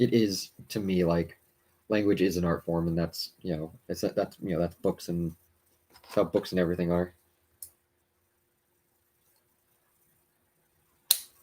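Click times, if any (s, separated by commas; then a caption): 11.1 s. Someone talks for about seven seconds, and a faint tick follows at 7.6 s. Then a plastic toy building brick is pressed onto the model and seats with one sharp snap at 11.1 s.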